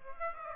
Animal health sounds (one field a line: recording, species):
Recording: mosquito wingbeat signal from an infrared sensor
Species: Aedes aegypti